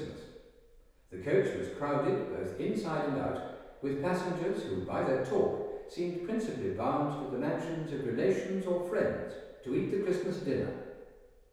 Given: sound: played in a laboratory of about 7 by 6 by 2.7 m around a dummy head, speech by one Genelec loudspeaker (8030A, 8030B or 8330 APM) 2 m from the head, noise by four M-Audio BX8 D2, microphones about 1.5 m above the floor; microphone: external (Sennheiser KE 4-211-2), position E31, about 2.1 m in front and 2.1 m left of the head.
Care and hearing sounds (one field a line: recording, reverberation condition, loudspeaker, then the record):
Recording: male speech in English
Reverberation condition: high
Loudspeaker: 120 degrees to the right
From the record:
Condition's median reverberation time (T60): about 1300 ms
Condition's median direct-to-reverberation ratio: about -4.0 dB